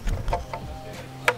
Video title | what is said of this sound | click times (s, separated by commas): Installing Tinted Front Turn Signals on the Mustang GT!! | was a little satisfying click this little guy goes in that little trench there | 1.3 s